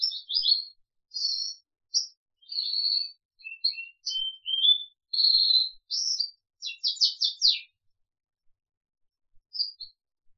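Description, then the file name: Crested canary song, mixed chirps, short buzzy trills and a fast burst of down-slurred notes, then a few sparse notes after a pause. "audio kenari jambul"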